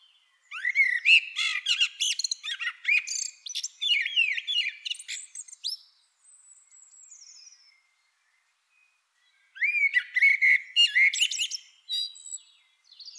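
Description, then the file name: Eurasian blackbird song: two phrases, each opening with low mellow fluted warbles and ending in a high, squeaky, chattering twitter, separated by a quiet pause. "Turdus merula"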